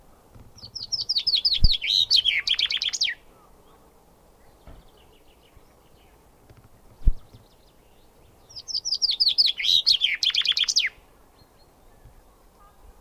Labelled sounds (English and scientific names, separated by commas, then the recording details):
Common Chaffinch (Fringilla coelebs)
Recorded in the wild
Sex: male
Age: adult
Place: Garmisch-Partenkirchen, Bayern, DE
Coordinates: 47.4931, 11.0633
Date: 1962-04-16
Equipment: Stellavox SM 5, Original, Vollspur
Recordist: Tretzel, Erwin
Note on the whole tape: Garmisch-Partenkirchen, Almhütte. Männchen: Gesang und Rufe (Schlag mit Garmischer Dialekt, unvollständig. Ein kurzes, breites "Weltregiert". Ein 3. Schlag)